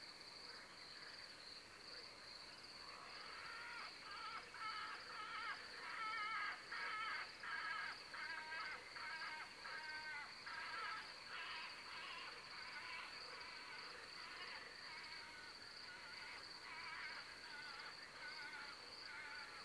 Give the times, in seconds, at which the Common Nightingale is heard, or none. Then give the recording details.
0.66-1.40. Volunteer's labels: Corvus corone alarme. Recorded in France